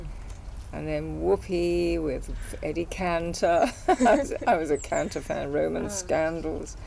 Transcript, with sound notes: Mhm.
And then Whoopee! with Eddie Cantor. [laughs] [Laughs] I was a Cantor fan. Roman Scandals.